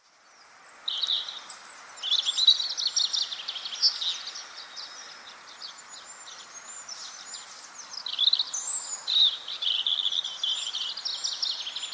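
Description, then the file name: European robin song: a long, continuous stream of high, varied warbles and trills, pausing briefly midway before resuming with sharp, tinkling notes. "Erithacus rubecula"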